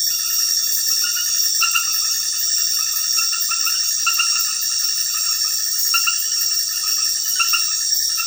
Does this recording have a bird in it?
no